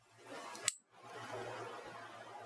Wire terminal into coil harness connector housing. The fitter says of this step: again insert it to the back of the connector as shown until you hear the click